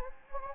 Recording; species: mosquito wingbeat signal from an infrared sensor; Anopheles gambiae